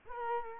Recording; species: mosquito wingbeat signal from an infrared sensor; Culex quinquefasciatus